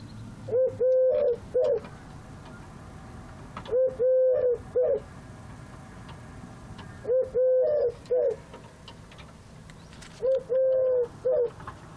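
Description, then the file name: Eurasian collared dove song: four phrases of three soft coos, short, long, short, repeated about every three seconds over faint background hiss. "Tourterelle Turque Eurasian Collared Dove Chant"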